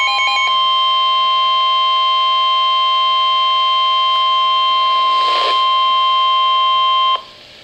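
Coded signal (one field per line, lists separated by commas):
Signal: Emergency Alert System (SAME) tones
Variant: 1050 Hz attention tone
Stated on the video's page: Severe Thunderstorm Warning EAS from a Pittsburgh weather radio station.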